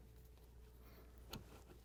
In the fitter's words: make sure it clicks